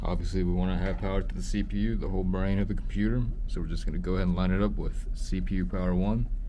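An 8-pin CPU power cable plug is lined up with the CPU power header on a motherboard while someone talks throughout. Nothing has seated or clicked yet; the clip ends just before the plug goes home.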